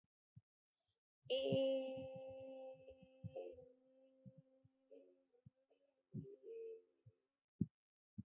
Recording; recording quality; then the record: sustained vowel as in made; excellent, no background noise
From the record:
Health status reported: healthy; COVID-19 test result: negative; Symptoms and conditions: none ticked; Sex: female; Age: 26 years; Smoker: not ticked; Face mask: not worn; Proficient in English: yes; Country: India